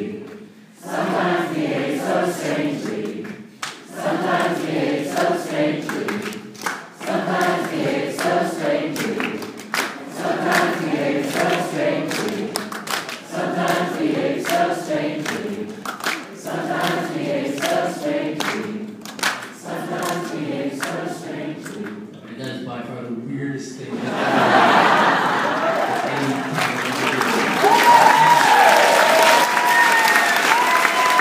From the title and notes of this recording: The audience singing an ear worm moment during #TCconf at Norris University Center. Third Coast Festival people breaking out into song after Jad Abumbrad's talk.